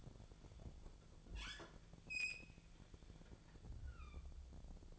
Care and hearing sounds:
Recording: daily activity, microphone in the room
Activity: open fridge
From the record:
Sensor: 5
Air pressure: 1000.2 hPa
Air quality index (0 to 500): 100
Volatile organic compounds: 1 ppm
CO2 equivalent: 812 ppm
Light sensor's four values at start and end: 221/521/224/245 and 227/535/230/252

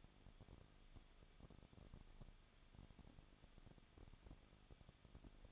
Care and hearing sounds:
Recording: daily activity, microphone in the room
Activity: no activity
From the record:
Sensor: 4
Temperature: 23.1 degrees Celsius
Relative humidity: 34.3%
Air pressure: 1007.2 hPa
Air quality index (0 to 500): 215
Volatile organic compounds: 15 ppm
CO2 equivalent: 2490 ppm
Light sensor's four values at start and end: 2/3/1/1 and 2/3/1/1

